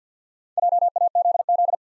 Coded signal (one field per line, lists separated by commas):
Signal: Morse code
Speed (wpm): 50 wpm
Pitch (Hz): 700 Hz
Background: none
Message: JAZZ